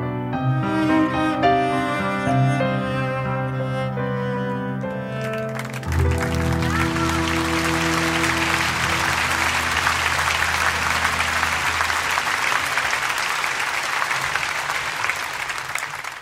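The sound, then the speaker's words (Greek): A sung melody with instruments ends after about six seconds and gives way to loud, sustained audience applause for the singer and the song, a dense crackle of many clapping hands that continues steadily to the end. “Τα χειροκροτήματα που μόλις ακούσατε δεν ήταν για μας, έτσι.”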